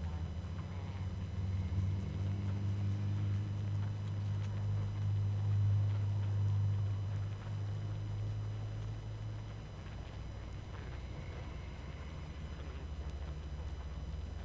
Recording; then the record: honeybee colony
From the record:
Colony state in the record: active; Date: 12 June 2018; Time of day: 20:42